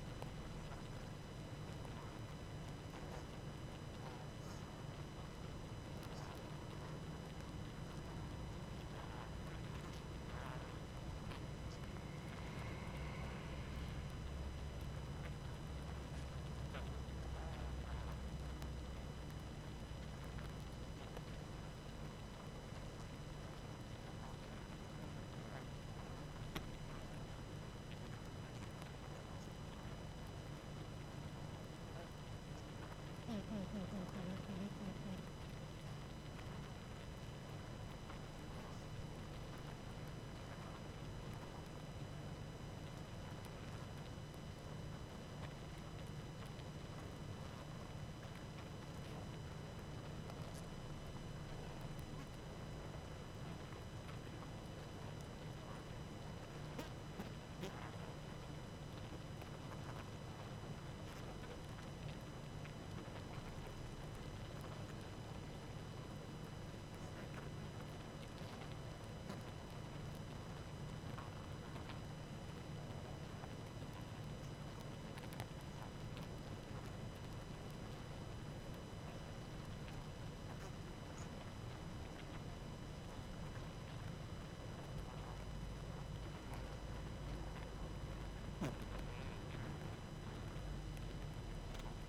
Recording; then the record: honeybee colony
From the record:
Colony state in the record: active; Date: 12 June 2018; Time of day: 19:12